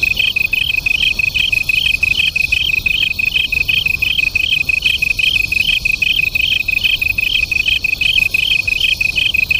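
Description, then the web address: Japanese tree cricket song: a long run of high, regular trilled bursts, roughly three each second, two pitches interleaving, over soft low rumble. Duet. "sikioto insect kantanduet"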